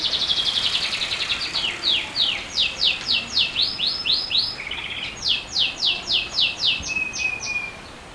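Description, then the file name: Bird song: a long series of high, rapidly repeated down-slurred notes, about four per second, forming rhythmic trills, ending with a brief thin whistle. Unidentified species, recorded 3 August 2020. "bird unknown-200803"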